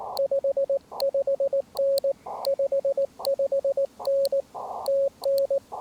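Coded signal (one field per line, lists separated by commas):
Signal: Morse code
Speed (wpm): 18 wpm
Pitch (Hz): 550 Hz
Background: radio noise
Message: 55N 55N TN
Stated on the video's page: CW during a Parks on the Air QRP portable activation, with an end-fed half-wave antenna.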